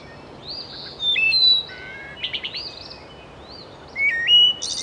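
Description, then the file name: Bird song with high whistled notes, quick stepped phrases and twittering chirps in scattered short bursts, against a low background hiss. "Zarobi - Beautiful Bird Song"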